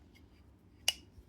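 A multitool blade is opened and its liner lock, set in a titanium scale on a DAKOYU Triton converted from G10 scales, snaps into place. A single sharp, bright snap is heard at 0.9 s against a quiet background. The blade locks into place.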